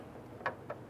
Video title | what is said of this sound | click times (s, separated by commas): How to Replace Brake Light Bulb 2012-2017 Toyota Camry | once it falls into place turn it clockwise and you feel it lock and pop into place | 0.5 s